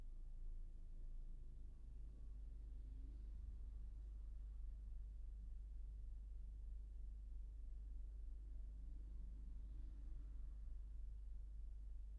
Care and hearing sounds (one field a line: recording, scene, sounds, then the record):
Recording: everyday scene through a hearing-aid microphone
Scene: in a vehicle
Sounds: engine idling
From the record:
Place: Berlingo II, diesel engine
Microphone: behind the ear, right, front